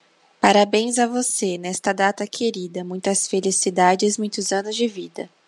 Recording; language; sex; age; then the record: short text; Brazilian Portuguese; female; 20 to 29 years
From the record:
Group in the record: control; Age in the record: 24 years